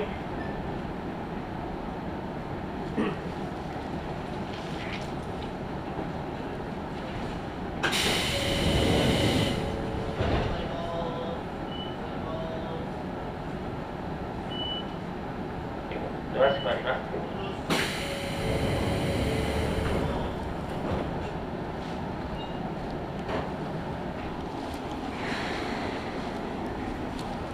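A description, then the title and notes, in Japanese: A ride on the Izu-Hakone Railway Daiyuzan Line from Odawara toward Daiyuzan, with a steady low rumble of the train throughout. Two loud hissing surges come at about 8 and 18 seconds, with scattered clicks and knocks and faint voices in between. 伊豆箱根鉄道 大雄山線 小田原→大雄山。列車は３両編成で12分間隔と単線区間の中では最も頻繁に走る路線の一つです。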